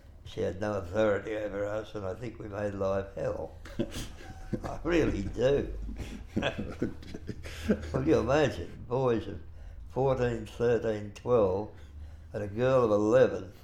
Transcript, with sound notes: She had no authority over us and I think we made life hell. I really do [laughs] you imagine boys of fourteen, thirteen, twelve and a girl eleven